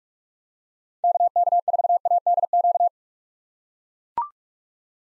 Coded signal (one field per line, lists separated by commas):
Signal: Morse code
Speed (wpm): 42 wpm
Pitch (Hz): 700 Hz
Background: none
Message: KK4ADQ